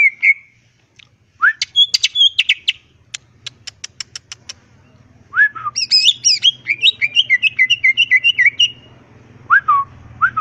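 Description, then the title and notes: Greater green leafbird singing busily: rising whistled slurs, a burst of sharp ticking notes, then a rapid chattering warble, ending in more slurred whistles. Singing vigorously (gacor) with crest raised; melodious song described as suitable for master recordings used to train other greater green leafbirds. "Cucak Ijo Gacor Ngentrok Jambul Nembak. suara burung cucak ijo gacor, merdu cocok buat masteran burung cucak ijo"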